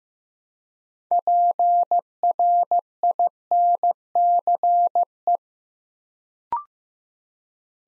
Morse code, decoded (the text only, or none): PRINCE